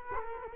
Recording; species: mosquito wingbeat signal from an infrared sensor; Culex quinquefasciatus